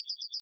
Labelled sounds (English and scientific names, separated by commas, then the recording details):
Yellowhammer (Emberiza citrinella) song
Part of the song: start
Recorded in the Czech Republic on 23 May 2015
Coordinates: 16.260, 16.263
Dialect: BE
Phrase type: C44
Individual ch031